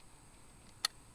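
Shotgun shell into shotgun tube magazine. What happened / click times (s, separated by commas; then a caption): The shell clicked home past the magazine latch / 0.8 s. A shotgun shell is pushed into a shotgun's tube magazine until the shell latch catches. A single sharp click sounds at 0.9 s, showing the shell is seated in the magazine.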